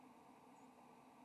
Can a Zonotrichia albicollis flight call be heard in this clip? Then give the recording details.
no. Another species' flight call is heard. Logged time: 06:29 on 7 November 2014